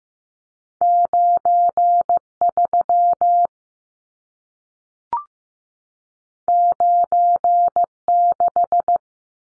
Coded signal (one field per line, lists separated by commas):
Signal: Morse code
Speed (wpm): 15 wpm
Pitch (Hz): 700 Hz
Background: none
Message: 93 96